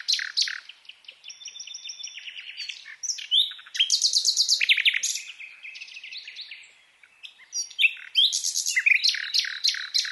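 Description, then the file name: Common nightingale song, a lively mix of whistles, pulsed trills and loud rapid series of repeated notes, shifting phrase to phrase. "Luscinia megarhynchos"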